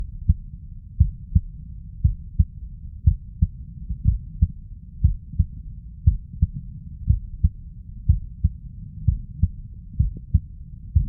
Stethoscope Chest Heart Heartbeat Clean.